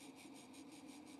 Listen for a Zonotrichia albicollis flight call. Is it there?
no